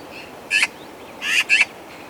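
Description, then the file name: Eurasian magpie calling with three harsh, grating chack notes, one alone and then a rapid pair, over a low steady hiss. "Pica pica"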